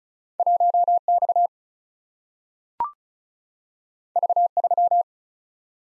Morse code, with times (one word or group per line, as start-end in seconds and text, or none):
0.4-1.0 1
1.1-1.5 X
4.2-4.5 V
4.6-5.0 3